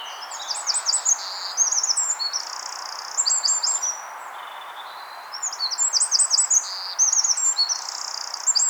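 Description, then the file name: Eurasian wren song, very high shrill trills and ringing notes in two long phrases split by a short quieter gap. "Troglodytes troglodytes"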